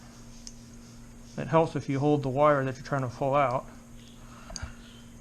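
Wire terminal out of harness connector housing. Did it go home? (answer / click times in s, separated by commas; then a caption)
released / 4.6 s. Someone talks while holding a wire and lifting the terminal lock inside a plastic harness connector housing. A sharp click at 4.6 s marks the terminal coming free, and the wire terminal is released from the connector.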